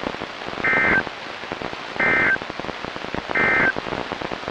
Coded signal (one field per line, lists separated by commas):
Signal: Emergency Alert System (SAME) tones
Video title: EAS #1098: Another Weekly Test | KHB36 & WXM42